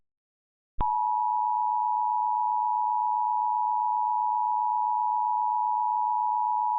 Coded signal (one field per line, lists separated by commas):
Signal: Emergency Alert System (SAME) tones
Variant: 853 and 960 Hz attention tone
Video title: EAS - EASyPLUS Modernization